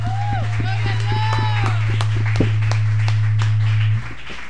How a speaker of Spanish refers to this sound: Un aplauso fuerte a nuestro Dios.